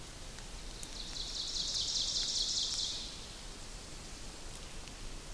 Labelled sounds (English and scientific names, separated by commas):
Ovenbird (Seiurus aurocapilla) song